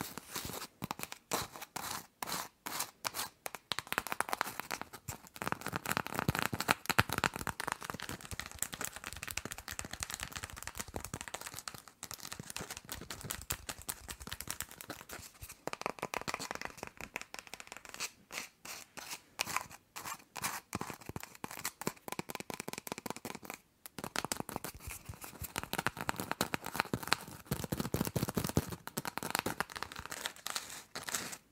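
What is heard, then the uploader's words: Long nails tap and scratch in a dense, fast stream of crisp clicks and rasping strokes that fill the whole half minute. The sound is bright and dry, with brief gaps near twelve and twenty-four seconds and busier, louder stretches between. Tapping and Scratching with LONG NAILS.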